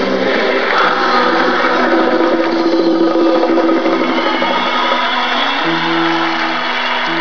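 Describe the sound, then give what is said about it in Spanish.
A crowd applauds in a steady, dense wash of clapping that holds at an even, loud level throughout, with a faint sustained tone running beneath it. “El aplauso bonito, muchas gracias.”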